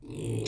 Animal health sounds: pig call; weaner (32 to 43 days)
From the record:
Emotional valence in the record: negative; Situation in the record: long isolation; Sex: female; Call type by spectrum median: low-frequency call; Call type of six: mixed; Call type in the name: high-frequency modulated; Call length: 0.48 s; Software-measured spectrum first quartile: 218 Hz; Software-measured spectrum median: 508 Hz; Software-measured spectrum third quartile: 4722 Hz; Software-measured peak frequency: 128 Hz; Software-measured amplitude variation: 127 dB a second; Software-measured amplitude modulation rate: 28.0 a second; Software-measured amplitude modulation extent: 4.5 dB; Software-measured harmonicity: 4.2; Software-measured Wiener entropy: -4.81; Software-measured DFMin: 1709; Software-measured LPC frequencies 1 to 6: 381, 2399, 3578, 4128, 5374, 6722 Hz

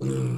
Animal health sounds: pig call; weaner (32 to 43 days)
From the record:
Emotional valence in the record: negative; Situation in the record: novel object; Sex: female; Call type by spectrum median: low-frequency call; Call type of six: low-frequency stable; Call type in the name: low-frequency stable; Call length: 0.38 s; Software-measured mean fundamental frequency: 65 Hz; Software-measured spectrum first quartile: 133 Hz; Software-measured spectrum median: 226 Hz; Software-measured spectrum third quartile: 517 Hz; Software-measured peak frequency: 330 Hz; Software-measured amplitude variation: 67 dB a second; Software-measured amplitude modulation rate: 33.1 a second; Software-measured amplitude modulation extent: 2.0 dB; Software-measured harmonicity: 1.6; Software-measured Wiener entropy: -0.76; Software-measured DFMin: 1002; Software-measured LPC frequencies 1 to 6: 323, 1300, 2425, 3207, 4380, 4996 Hz

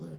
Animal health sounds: pig call; piglet (1 to 25 days)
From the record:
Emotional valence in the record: negative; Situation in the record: short isolation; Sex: female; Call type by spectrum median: low-frequency call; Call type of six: low-frequency stable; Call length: 0.19 s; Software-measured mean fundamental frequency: 40 Hz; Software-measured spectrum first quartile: 162 Hz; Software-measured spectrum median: 236 Hz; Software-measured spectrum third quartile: 456 Hz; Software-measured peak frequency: 164 Hz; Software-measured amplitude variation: 107 dB a second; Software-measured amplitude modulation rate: 13.2 a second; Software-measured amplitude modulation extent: 8.1 dB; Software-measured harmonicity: 3.0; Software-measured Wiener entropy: -0.03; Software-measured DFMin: 1029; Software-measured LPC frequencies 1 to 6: 1394, 3412, 4671, 5495, 6104, 7093 Hz

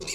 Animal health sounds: pig call; weaner (32 to 43 days)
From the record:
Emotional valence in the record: negative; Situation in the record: novel object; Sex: female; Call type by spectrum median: high-frequency call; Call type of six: high-frequency stable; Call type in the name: high-frequency stable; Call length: 0.15 s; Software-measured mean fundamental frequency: 406 Hz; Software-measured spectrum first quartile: 1364 Hz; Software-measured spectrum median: 4013 Hz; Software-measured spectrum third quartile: 6026 Hz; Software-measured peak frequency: 374 Hz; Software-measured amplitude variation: 132 dB a second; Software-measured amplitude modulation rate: 16.7 a second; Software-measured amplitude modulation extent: 7.9 dB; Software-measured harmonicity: 1.7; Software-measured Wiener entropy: -2.02

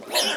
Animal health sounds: pig call; piglet (1 to 25 days)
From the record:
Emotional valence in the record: negative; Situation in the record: missed nursing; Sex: male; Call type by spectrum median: high-frequency call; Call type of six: high-frequency stable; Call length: 0.37 s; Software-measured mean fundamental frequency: 204 Hz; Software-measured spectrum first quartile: 1453 Hz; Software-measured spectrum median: 3093 Hz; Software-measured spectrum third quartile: 5188 Hz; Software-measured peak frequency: 607 Hz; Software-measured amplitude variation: 125 dB a second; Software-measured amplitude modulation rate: 14.9 a second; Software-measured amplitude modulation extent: 8.4 dB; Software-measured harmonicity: 1.2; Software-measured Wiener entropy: -1.87

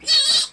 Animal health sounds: pig call; piglet (1 to 25 days)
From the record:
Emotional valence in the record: negative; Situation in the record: castration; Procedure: castration, cut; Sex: male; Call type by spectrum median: high-frequency call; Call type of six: high-frequency modulated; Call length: 0.53 s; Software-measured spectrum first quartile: 4108 Hz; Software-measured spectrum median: 4647 Hz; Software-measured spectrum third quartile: 7243 Hz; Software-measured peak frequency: 4374 Hz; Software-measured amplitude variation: 142 dB a second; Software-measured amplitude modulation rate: 12.2 a second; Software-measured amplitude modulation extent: 11.6 dB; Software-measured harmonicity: 7.3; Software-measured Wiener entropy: -2.63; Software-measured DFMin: 654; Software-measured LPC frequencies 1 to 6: 1065, 1890, 3173, 3872, 4458, 5198 Hz

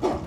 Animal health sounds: pig call; growing-finishing pig (85 days or more)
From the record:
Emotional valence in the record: positive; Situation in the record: run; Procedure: transit

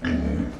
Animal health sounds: pig call; growing-finishing pig (85 days or more)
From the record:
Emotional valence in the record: negative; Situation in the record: barren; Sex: female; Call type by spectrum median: low-frequency call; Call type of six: low-frequency modulated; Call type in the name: low-frequency modulated, not sure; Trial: 1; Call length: 0.60 s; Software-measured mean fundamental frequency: 42 Hz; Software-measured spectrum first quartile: 161 Hz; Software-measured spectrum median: 274 Hz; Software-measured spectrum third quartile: 739 Hz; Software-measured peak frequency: 252 Hz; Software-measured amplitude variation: 153 dB a second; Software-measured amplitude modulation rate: 27.4 a second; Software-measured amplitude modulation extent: 5.6 dB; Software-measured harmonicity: -0.9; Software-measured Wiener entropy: -0.93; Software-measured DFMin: 894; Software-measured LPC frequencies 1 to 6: 1685, 2941, 4541, 5246, 5690, 6584 Hz

